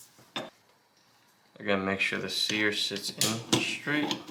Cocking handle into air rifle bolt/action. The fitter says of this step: you're going to hear a little click